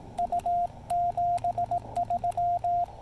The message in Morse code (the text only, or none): U 73